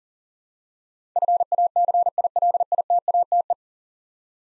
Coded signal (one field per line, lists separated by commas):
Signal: Morse code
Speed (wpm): 39 wpm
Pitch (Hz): 700 Hz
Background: none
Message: FACILITATE